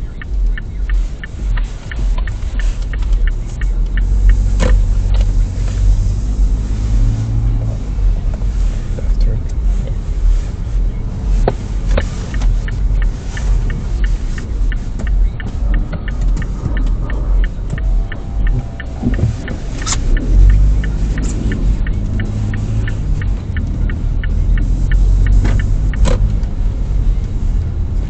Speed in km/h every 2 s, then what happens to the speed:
3, 6, 13, 15, 16, 17, 4, 11, 0, 0, 1, 12, 19, 24.
0-4 speeds up to 13. 4-11 steady at about 15. 11-16 slows to 0. 16-21 standing. 21-25 pulls away to 24.